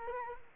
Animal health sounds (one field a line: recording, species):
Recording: mosquito wingbeat signal from an infrared sensor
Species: Culex quinquefasciatus